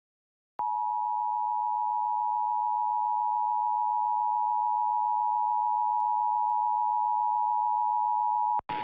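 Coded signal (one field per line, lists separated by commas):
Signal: Emergency Alert System (SAME) tones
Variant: 853 and 960 Hz attention tone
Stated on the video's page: Assorted recorded EAS broadcast tests, including required monthly tests from Texas, with uneven audio levels; some station test audio was excessively overmodulated.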